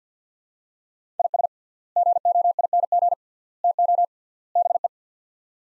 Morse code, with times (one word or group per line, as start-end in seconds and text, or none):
1.2-1.5 IS
2.0-3.1 GOING
3.6-4.0 TO
4.6-4.9 BE